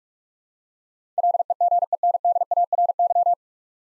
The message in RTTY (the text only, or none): none